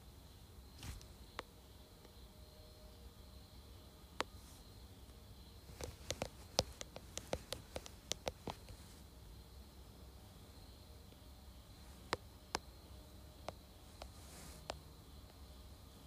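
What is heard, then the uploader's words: Fingers tap on a phone case and screen in sharp, dry clicks, scattered at first, then in a quick run of about a dozen taps between six and nine seconds, then a few more near the end. A steady low hum and faint hiss continue underneath. ASMR Tapping Phone Case and Screen.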